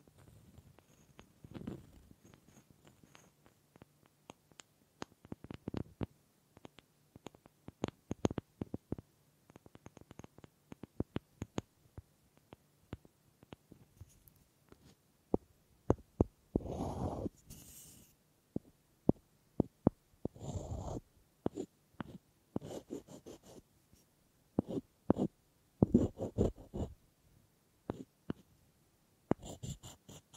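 Wood triggers: a run of sharp taps, knocks and scratches on wood, coming in irregular bursts with short quiet gaps between them. Some passages are quick rattling clusters, others single knocks, and a few longer scraping strokes appear around the middle and near the end.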